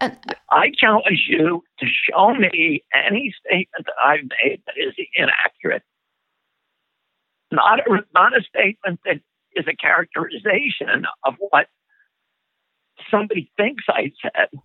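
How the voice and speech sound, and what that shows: An adult man argues in short bursts with a strained, creaky, rough voice that breaks and wavers through his phrases, separated by long pauses. This is spasmodic dysphonia, a condition of the muscles in the throat that leads to a shaking, strangled-sounding voice.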